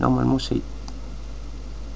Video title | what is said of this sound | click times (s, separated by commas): DÉPANNER SON IPHONE 4S. Suite et fin. | Non, il n'est pas clipsé. | none